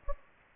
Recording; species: mosquito wingbeat signal from an infrared sensor; Anopheles gambiae